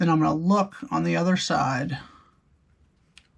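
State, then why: Partly seated. Someone talks while reassembling a Glock pistol, then a single sharp click sounds at 3.2 s as the steel trigger retaining pin is pushed through the polymer frame and enters the trigger housing. This is only the first click, an intermediate stage, and the pin is not yet fully home.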